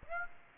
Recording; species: mosquito wingbeat signal from an infrared sensor; Aedes aegypti